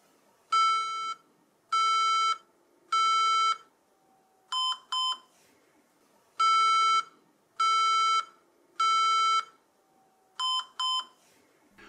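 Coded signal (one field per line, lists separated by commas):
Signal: beep code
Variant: HP BIOS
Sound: three long beeps then two quick beeps, repeated twice, from a computer speaker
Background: quiet room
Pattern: 3 long, 2 short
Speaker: we can clearly hear three beeps with a red LED light followed by two more and a white light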